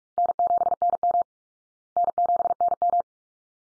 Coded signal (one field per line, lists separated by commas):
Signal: Morse code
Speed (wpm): 44 wpm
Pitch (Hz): 700 Hz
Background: none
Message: N7NM N7NM